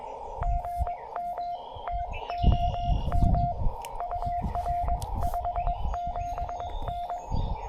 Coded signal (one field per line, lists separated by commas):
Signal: Morse code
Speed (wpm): 20 wpm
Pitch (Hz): 700 Hz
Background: none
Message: GM TOM UR 57N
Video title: Hamvention 2024: POTA Activation Kickoff at Strouds Run State Park in Athens, Ohio!